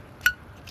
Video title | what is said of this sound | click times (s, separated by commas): Remove and Replace Costco Michelin Guardian Wiper Blades Volkswagen VW Golf Sportwagen Golf Alltrack | you hear it click so | 0.3 s